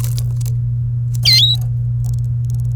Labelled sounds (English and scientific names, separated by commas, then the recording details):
Domestic Canary (Serinus canaria) song
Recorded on 27 April 2018 at 17:26
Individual llb3